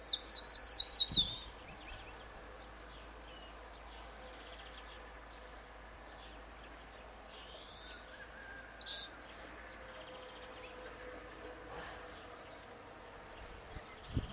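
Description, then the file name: European robin song: two separate high, trilling, tinkling phrases, one at the start and one midway, with quiet in between. "Erithacus rubecula"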